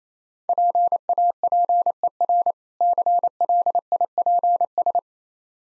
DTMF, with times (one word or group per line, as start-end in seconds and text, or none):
none